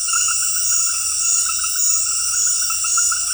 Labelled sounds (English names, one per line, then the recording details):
none
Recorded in dense forest near Puerto Asís, Putumayo, Colombia, on 20 February 2024 at 21:00
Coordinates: 0.484, -76.317
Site G6464